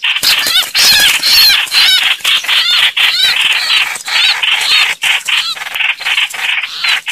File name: Tieng chim hoanh hoach